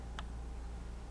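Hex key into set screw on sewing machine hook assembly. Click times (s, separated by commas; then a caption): 0.2 s. While timing a Handi Quilter quilting machine, a hex key is pushed into a hard-to-reach set screw on the hook assembly until it clicks into the screw socket at 0.2 s. The click must be heard, or the key is not fully in and the screw cannot be tightened. A single short, bright tick stands out over a steady low hum, and the key is seated.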